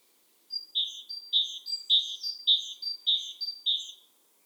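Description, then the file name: Great tit calling: a sharp high note followed by a lower buzzy note, the pair repeated steadily about six times in a quiet background. "Parus major"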